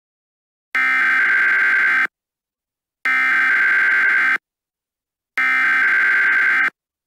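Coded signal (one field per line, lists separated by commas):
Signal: Emergency Alert System (SAME) tones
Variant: header bursts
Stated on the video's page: Fictional EAS scenario alert about a nextbot invasion.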